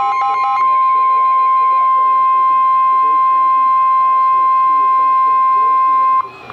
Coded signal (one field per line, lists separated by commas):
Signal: Emergency Alert System (SAME) tones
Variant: 1050 Hz attention tone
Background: speech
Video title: Special Marine Warning (EAS #727)